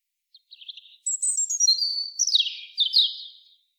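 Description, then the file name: European robin song: soft high notes, then a bright wavering phrase that slides downward into a fast rippling trill, with clean silence around it. "Erithacus rubecula"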